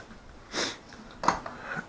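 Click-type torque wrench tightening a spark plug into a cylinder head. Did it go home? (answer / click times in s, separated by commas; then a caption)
yes / 1.3 s. A click-type torque wrench tightens a spark plug into the cylinder head of a 2004 Honda Odyssey after the plug has been run down until it bottoms out. A soft broad rustle swells around 0.5–0.8 s, then the wrench gives a sharp click at 1.3 s, with lighter ticks and handling noise after. The click confirms the plug has reached its torque setting.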